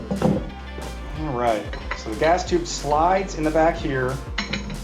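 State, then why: Not seated. The metal gas tube of an AK-pattern rifle is slid in at the rear toward the receiver and front trunnion during reassembly, with light metallic handling sounds as someone talks over music. The gas tube has not clicked into place or seated yet.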